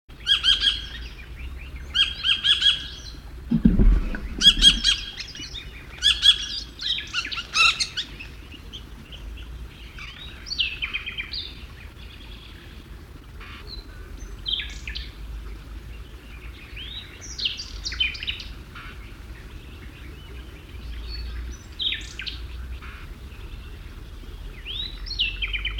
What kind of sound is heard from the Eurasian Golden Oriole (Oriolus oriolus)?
call